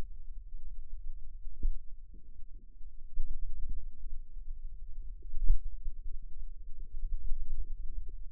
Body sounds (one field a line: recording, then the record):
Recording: forearm muscle sounds (acoustic myography)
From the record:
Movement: finger pinch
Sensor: system 2, bracelet of six BSWA MPA416 microphones around the upper forearm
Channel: 1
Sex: female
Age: 22 years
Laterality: right